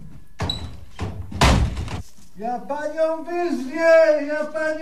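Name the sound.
door slamming shut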